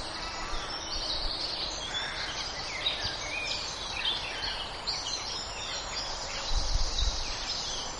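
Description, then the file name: Birds singing: rapid high chirps and twittering phrases run on throughout, with bursts of low rumbling noise near the end. "birdsong diversitree"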